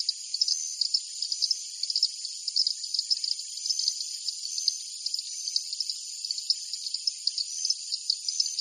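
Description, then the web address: Many insects trilling together in an unbroken high-pitched wall of sound, with rapid chirping pulses scattered across it. Jungle at night. "Partners In Rhyme Jungle Night Insects"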